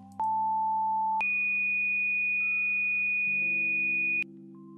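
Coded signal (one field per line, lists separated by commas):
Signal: two-tone page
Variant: Motorola Quick Call II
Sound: one-second mid tone, then a higher steady tone for three seconds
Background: low background hum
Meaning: Fire dispatch page for talk group 21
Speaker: your fire tones as you can see the tone is on the fire page this 21 correlates to the 21 the talk group number 21 for fire dispatch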